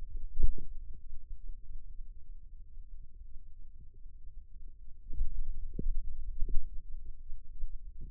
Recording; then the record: forearm muscle sounds (acoustic myography)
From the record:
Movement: finger pinch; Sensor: system 2, bracelet of six BSWA MPA416 microphones around the upper forearm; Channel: 1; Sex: male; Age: 22 years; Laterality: right